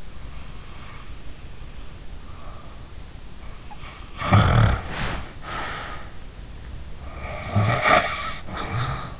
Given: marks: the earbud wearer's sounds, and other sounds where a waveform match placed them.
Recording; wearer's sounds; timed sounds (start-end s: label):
sounds in sleep by an in-ear microphone; breath, snoring breath
0.23-2.97 s: breath
3.35-6.16 s: snoring breath
6.90-9.20 s: snoring breath